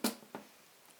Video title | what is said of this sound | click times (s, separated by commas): DIY Wood Stove Install - Complete Process to First Fire | snap in place okay | 0.3 s